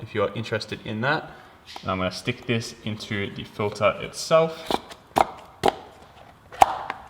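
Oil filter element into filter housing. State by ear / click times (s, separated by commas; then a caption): seated / 6.6 s. Someone talks while pushing a new Ryko paper oil filter element into the plastic filter housing cap of an MK3 VR6 Golf. After a few sharp handling taps around 5.2 and 5.7 seconds, the element seats at the bottom with a crisp click at 6.6 seconds.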